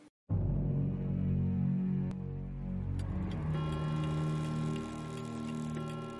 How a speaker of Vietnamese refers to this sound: Tiếng đồng hồ vang lên rõ mồn một trong đêm tối, không gian im lặng đến rợn người. Chiếc đồng hồ quả lắc bên ngoài bỗng dưng vang lên 12 tiếng, báo hiệu lúc này đã là 12 giờ đêm.